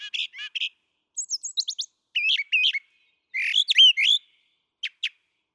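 Brown thrasher song: quick chattering notes, a run of very high thin slurs, doubled warbles, then a harsh downslurred phrase and two brief sharp notes.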